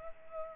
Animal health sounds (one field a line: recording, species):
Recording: mosquito wingbeat signal from an infrared sensor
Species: Culex pipiens